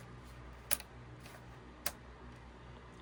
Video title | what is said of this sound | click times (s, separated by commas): White model#1563 Part2 | Did you hear the click? Then you know it's in. | 1.9 s